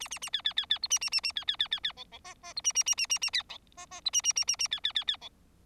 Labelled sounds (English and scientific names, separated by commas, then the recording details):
Bengalese Finch (Lonchura striata domestica) song
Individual Bird4